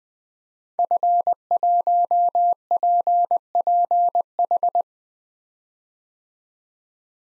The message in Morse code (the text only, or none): F1PPH